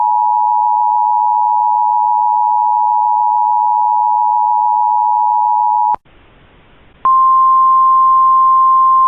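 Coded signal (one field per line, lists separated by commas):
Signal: Emergency Alert System (SAME) tones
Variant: 853 and 960 Hz attention tone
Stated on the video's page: Mock EAS with valid tones for a fictional severe thunderstorm warning, not real.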